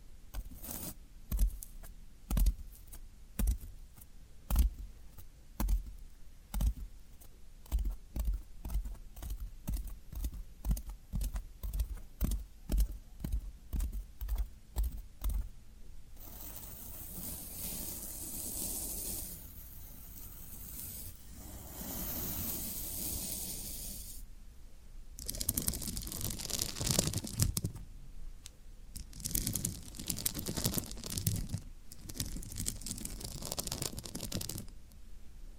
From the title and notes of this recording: ASMR Satisfying Tingle Stimulating Floral Foam Sounds for Sleep (No Talking).